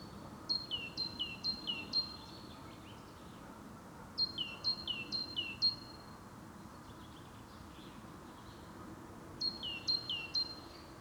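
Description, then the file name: Great tit song: bright two-note phrases, a high whistle dropping to a lower one, repeated in three bursts of three or four pairs, over steady low background noise. "Parus major"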